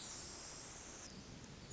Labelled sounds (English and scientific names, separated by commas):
Pacific Wren (Troglodytes pacificus)